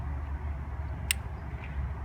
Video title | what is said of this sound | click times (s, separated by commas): Spark Plug Replacement DIY MK7 / 7.5 GTI, Golf R, Audi A3, Gen 3 EA3888 | you hear that click | 1.1 s